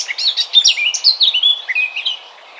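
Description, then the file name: Eurasian blackcap song, a rich burst of varied fluty whistles with downslurred notes, ending after about two seconds. "Sylvia atricapilla"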